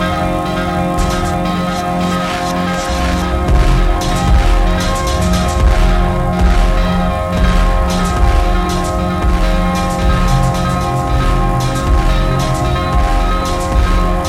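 Sustained bell tones ring steadily through all fourteen seconds, layered at many pitches from low to high. Beneath them, drums thump densely and unevenly, with bright, crisp hits scattered throughout. The overall level stays even, with no pauses or clear build.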